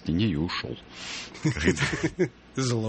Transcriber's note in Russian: все смеются